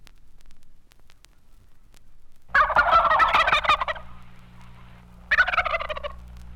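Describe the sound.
Turkey gobbling, a loud rapid bubbling gobble lasting over a second, then a shorter second gobble, over a steady low electrical hum.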